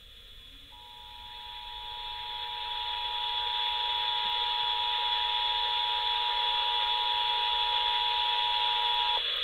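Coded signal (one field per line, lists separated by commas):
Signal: Emergency Alert System (SAME) tones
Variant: 853 and 960 Hz attention tone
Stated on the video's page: Los Angeles County Required Monthly Test on several FM stations, received on an ER-310 radio; SAME headers missed.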